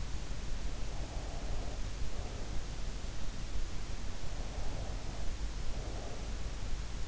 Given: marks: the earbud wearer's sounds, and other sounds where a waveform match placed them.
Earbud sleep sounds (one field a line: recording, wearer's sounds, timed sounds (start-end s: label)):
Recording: sounds in sleep by an in-ear microphone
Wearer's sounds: breath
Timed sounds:
0.63-2.78 s: breath
4.43-6.52 s: breath